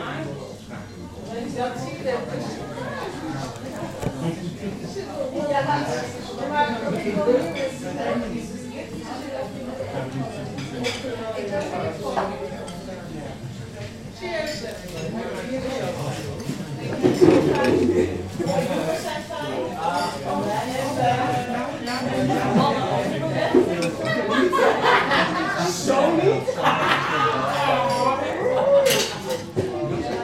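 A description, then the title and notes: Café chatter in Amsterdam: many overlapping voices talking steadily, with occasional sharp clinks and brighter bursts around 17 and 25–28 seconds. Recorded in a Café in Amsterdam.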